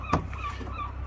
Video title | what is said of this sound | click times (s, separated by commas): Skoda Octavia mk2 (facelift) Dipped Headlight Bulb Change ......Scotland....2024.... | it'll click and make a clicking sound. | 0.1 s